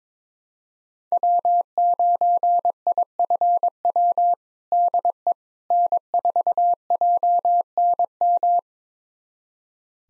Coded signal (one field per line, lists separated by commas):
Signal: Morse code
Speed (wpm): 22 wpm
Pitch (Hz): 700 Hz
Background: none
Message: W9IFW DE N4JNM